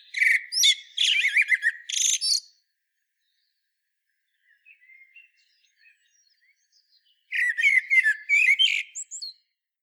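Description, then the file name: Common blackbird song, a rich fluted warble ending in thin twittering notes, heard twice with a long quiet pause broken only by faint chirps. "Turdus merula"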